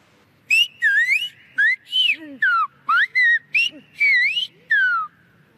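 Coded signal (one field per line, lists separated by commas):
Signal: whistled language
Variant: Silbo Gomero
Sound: a clear whistled phrase of about ten gliding syllables rising and falling in pitch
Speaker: Que yo sepa, este es el único sitio del mundo donde nos comunicamos con la lengua a través del silbo. Hablamos, lo articulamos.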